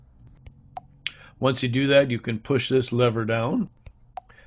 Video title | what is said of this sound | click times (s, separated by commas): Honda Moto Compacto re-assembly for dummies | far enough so that it locks in place | 1.1 s